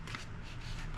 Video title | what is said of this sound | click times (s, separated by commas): FF-117V2 50mm AND 70mm EDF Build Video | basically should snap into place | 0.1 s